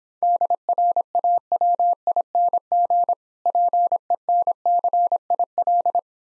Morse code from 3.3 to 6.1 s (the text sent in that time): PENCIL